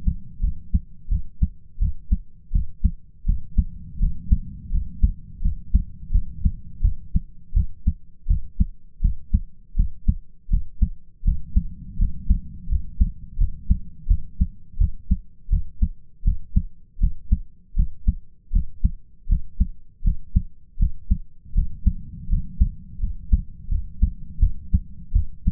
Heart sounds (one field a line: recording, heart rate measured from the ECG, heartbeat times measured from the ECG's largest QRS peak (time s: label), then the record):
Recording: heart sounds by stethoscope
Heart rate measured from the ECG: 83 bpm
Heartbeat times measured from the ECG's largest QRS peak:
0.41 s: heartbeat
1.09 s: heartbeat
1.79 s: heartbeat
2.52 s: heartbeat
3.25 s: heartbeat
3.99 s: heartbeat
4.71 s: heartbeat
5.41 s: heartbeat
6.11 s: heartbeat
6.81 s: heartbeat
7.53 s: heartbeat
8.27 s: heartbeat
9.01 s: heartbeat
9.76 s: heartbeat
10.50 s: heartbeat
11.24 s: heartbeat
11.98 s: heartbeat
12.68 s: heartbeat
13.37 s: heartbeat
14.07 s: heartbeat
14.78 s: heartbeat
15.49 s: heartbeat
16.24 s: heartbeat
16.99 s: heartbeat
17.75 s: heartbeat
18.52 s: heartbeat
19.28 s: heartbeat
20.03 s: heartbeat
20.78 s: heartbeat
21.54 s: heartbeat
22.28 s: heartbeat
23.00 s: heartbeat
23.69 s: heartbeat
24.39 s: heartbeat
25.13 s: heartbeat
From the record:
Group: healthy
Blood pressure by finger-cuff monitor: 120/73 mmHg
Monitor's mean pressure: 87 mmHg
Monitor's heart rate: 82 bpm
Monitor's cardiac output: 7.7 L/min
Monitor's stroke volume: 93 mL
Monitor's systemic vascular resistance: 830 dyn s/cm5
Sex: male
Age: 33 years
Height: 179 cm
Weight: 80.4 kg